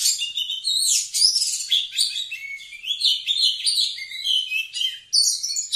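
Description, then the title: Oriental magpie-robin singing a dense, unbroken stream of high whistles, trills and harsh buzzy notes, with barely a gap throughout. Singing actively (gacor). "Kacer Gacor"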